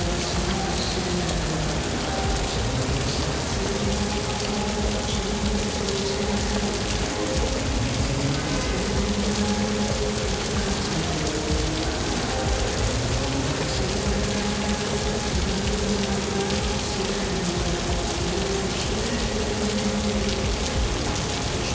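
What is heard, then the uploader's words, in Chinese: Rain on a summer day, a dense, steady hiss of drops that stays even from start to finish. Beneath it, low wavering tones rise and fall in slow overlapping swells, possibly passing traffic, while a faint thin whistle lingers higher up. 雨天 夏天。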